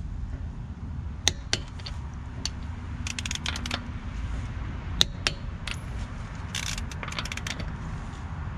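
A click-type torque wrench set to about 80 ft-lb gives the final tightening to wheel lug nuts, with light metallic ticks and clatter throughout. Two sharp, loud clicks ring out at 1.3 s and 5.0 s as the wrench breaks over on successive nuts, showing each has reached its torque setting.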